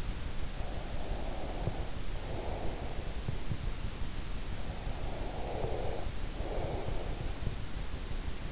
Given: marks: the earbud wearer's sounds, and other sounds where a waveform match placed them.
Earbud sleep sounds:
sounds in sleep by an in-ear microphone; breath
0.43-3.21 s: breath
4.95-7.39 s: breath

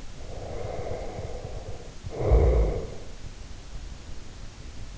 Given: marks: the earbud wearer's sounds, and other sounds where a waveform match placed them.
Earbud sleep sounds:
sounds in sleep by an in-ear microphone; snoring breath
0.16-3.20 s: snoring breath

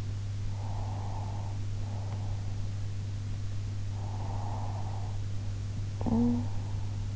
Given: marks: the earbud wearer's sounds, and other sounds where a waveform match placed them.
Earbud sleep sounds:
sounds in sleep by an in-ear microphone; breath, talking in sleep
0.55-2.37 s: breath
3.94-5.23 s: breath
5.97-6.51 s: talking in sleep

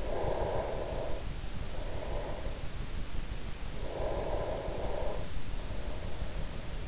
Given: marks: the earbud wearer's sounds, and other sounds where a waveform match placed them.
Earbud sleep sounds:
sounds in sleep by an in-ear microphone; breath
0.09-2.83 s: breath
3.52-6.88 s: breath

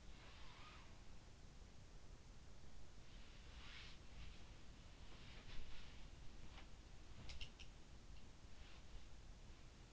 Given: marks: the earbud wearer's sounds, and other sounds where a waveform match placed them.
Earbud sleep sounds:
sounds in sleep by an in-ear microphone; breath
0.00-1.04 s: breath
3.59-7.70 s: sound from someone else or the room

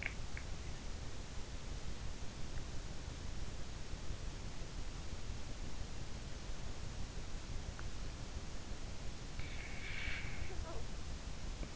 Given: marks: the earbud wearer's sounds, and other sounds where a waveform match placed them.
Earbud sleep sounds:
sounds in sleep by an in-ear microphone; swallowing, snoring breath
0.00-0.19 s: swallowing
9.40-11.76 s: snoring breath

